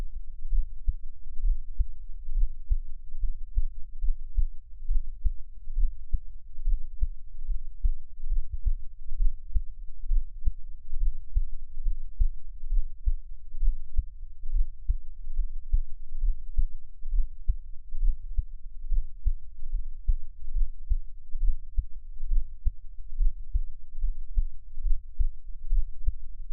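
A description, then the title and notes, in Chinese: A heartbeat, a steady run of soft, deep thumps repeating at an even, unhurried pace for the whole half minute. The sound stays muffled and low, with no other noises around it. 獻上我的心跳 | Give my Heartbeat | NO Talking。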